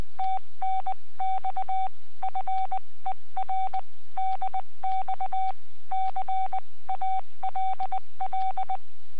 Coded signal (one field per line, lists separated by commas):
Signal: Morse code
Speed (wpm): 19 wpm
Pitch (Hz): 760 Hz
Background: none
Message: TNX FER DX CALL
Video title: Webcam video from 14 January 2015 08:14 (UTC) G4SOF, 40M CW QSO